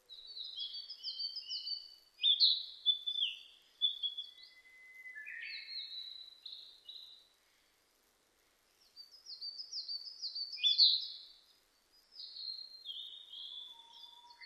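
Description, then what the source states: Narcissus flycatcher song, two long phrases of rapid high chirps and clear whistles separated by a short silence. Recorded 25 April 2006.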